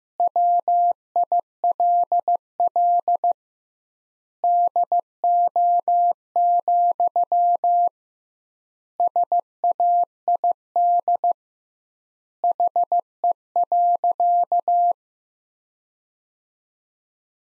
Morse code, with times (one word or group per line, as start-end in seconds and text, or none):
0.2-3.3 WILL
4.4-7.9 DO,
9.0-11.3 SAID
12.4-14.9 HE.